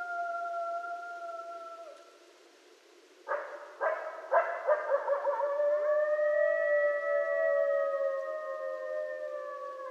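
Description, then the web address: Coyote calls: long steady tones that break off, then a burst of yips and barks leading into sustained overlapping howls. Several coyotes recorded at night on 13 November 2012. "Coyote 2012 11 13 Coyotes night-sounds coyotes"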